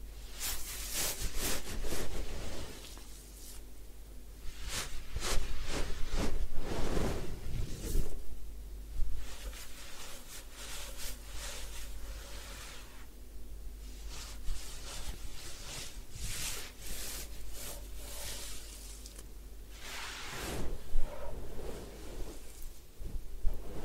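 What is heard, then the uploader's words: Head spa hair wash and massage: soft rubbing and scratching strokes come in quick bursts that brighten and fade every second or so, with a denser stretch from about 15 to 20 seconds. A steady low hum runs underneath throughout. Head Spa Hair Wash, Massage, Ear Cleaning.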